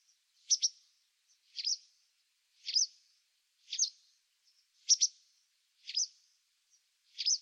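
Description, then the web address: White wagtail uttering a steady series of seven bright, disyllabic chirps at about one per second, with a few faint ticks between them. "cianscape birddata Deverinetal 2025"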